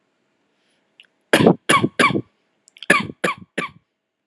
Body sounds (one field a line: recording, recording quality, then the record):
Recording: shallow voluntary cough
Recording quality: excellent, no background noise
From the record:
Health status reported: healthy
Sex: male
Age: 25 years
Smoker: yes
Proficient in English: yes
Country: India